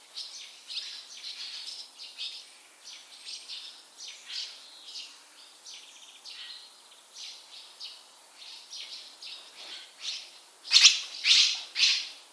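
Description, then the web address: Bird calling: many short high chirping notes in irregular bursts, ending with three louder harsh notes, over a faint background hiss. "Bird Only"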